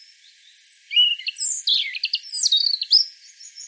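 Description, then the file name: European robin song: a short, thin whistle leading into varied high chips, slurs and a quick, sparkling trill. "Erithacus rubecula"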